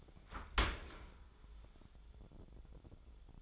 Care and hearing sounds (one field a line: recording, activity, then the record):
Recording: daily activity, microphone in the room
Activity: open dishwasher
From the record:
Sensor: 5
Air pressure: 1015.1 hPa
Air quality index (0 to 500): 153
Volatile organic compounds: 4 ppm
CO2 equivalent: 1647 ppm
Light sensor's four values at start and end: 38/91/37/40 and 37/89/36/39